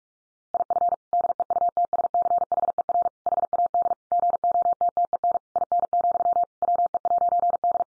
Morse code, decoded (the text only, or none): IF DEUTSCHER HAD GOTTEN IN, WE'D